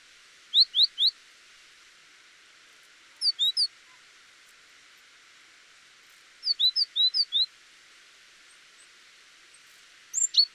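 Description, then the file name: Great tit calls: groups of several quick, sharp notes repeated several times over a faint hiss. "Parus major"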